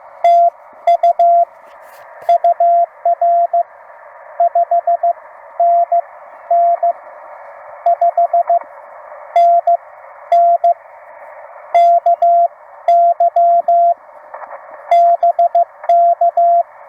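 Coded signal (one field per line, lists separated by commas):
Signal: Morse code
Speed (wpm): 15 wpm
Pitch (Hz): 700 Hz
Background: radio noise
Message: TU UR 5NN 5NN KY BK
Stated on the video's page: CW Parks on the Air activation, used as copy practice.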